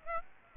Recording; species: mosquito wingbeat signal from an infrared sensor; Aedes aegypti